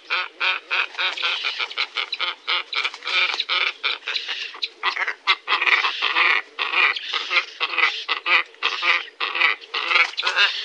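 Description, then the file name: Glossy ibis calls: a dense run of harsh, nasal, croaking notes, overlapping in rapid irregular bursts with almost no pauses. "Bronsibis"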